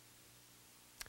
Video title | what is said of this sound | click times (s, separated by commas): Motorcycle: Sprockets | you want to grab the handle firmly and pull until your torque wrench clicks | 1.0 s